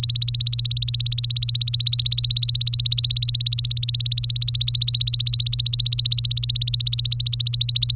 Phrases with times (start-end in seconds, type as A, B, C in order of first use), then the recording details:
0.00-7.93 A. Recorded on 23 April 2018 at 15:36. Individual llb3